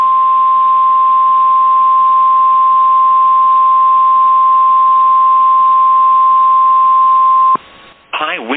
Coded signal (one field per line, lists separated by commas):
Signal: Emergency Alert System (SAME) tones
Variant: 1050 Hz attention tone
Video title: EAS Recreation - Very Rare High Wind Warning for Mobile, AL